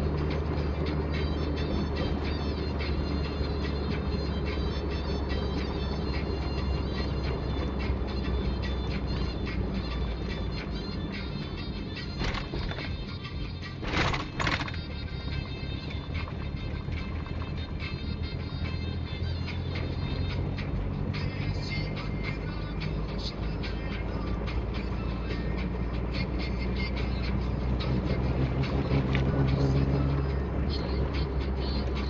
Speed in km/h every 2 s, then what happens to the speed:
48, 46, 44, 41, 34, 20, 21, 24, 27, 31, 35, 38, 40, 44, 44, 40.
0-11 slows to 20. 11-26 speeds up to 44.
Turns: none.